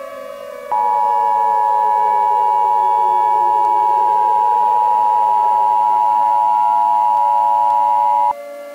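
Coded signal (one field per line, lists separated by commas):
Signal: Emergency Alert System (SAME) tones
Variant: 853 and 960 Hz attention tone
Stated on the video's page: Entirely fictional EAS scenario of an extraterrestrial invasion, using valid EAS tones.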